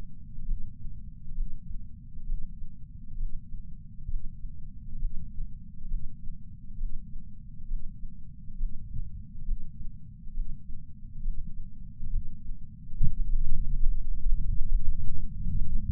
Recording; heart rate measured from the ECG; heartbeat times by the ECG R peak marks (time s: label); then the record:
heart sounds by patch sensor on the chest; 68 bpm
0.44 s: heartbeat
1.34 s: heartbeat
2.25 s: heartbeat
3.16 s: heartbeat
4.07 s: heartbeat
4.98 s: heartbeat
5.87 s: heartbeat
6.76 s: heartbeat
7.67 s: heartbeat
8.56 s: heartbeat
9.44 s: heartbeat
10.33 s: heartbeat
11.21 s: heartbeat
12.09 s: heartbeat
12.96 s: heartbeat
13.82 s: heartbeat
14.68 s: heartbeat
15.53 s: heartbeat
From the record:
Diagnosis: coronary artery disease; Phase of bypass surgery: preoperative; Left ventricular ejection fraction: 52.3%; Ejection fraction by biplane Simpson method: 38%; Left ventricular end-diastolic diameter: 62 mm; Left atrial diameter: 45 mm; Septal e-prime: 4 cm/s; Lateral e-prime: 7 cm/s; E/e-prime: 12.2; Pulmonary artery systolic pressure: 24 mmHg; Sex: male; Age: 61 years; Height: 174 cm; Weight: 80 kg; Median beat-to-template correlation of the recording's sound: 0.91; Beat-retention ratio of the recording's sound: 0.97